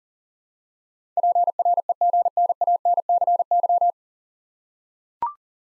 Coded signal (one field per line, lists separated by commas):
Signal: Morse code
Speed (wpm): 37 wpm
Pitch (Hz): 700 Hz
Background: none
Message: PREGNANCY